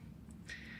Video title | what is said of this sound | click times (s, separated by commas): Listen up @trixie ! I got something to say about Trixie Cosmetics! | that it does like click into place this is something that would bother | 0.5 s